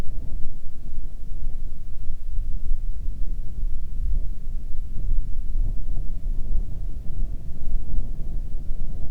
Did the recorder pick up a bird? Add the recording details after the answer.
no. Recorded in the Arctic National Wildlife Refuge, Alaska, on 30 May 2019 at 22:45. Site 37